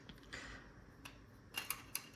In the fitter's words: and it pops down so very